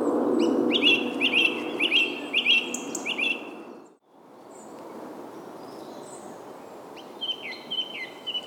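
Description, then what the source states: Bird chirps: a rapid, evenly repeated series of short high notes, a brief silent break, then a fainter run of similar chirps near the end, over background noise. Soundscape.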